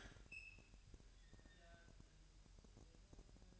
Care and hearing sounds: daily activity, microphone in the room; open fridge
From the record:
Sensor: 2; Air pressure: 1001.8 hPa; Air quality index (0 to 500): 242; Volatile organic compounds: 33 ppm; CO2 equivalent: 3011 ppm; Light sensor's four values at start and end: 9/28/11/10 and 9/28/11/10

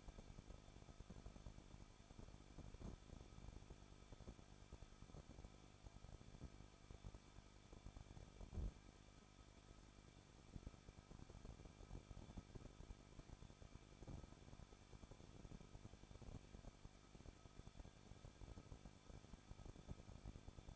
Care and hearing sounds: daily activity, microphone in the room; no activity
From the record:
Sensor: 5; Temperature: 20.9 degrees Celsius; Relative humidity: 38.2%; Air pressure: 1006.4 hPa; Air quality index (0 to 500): 187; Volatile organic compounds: 18 ppm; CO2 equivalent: 2628 ppm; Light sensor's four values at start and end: 2/3/1/1 and 2/3/1/1

